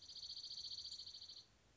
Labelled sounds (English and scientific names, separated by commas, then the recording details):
Dark-eyed Junco (Junco hyemalis)
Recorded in Sonoma County, California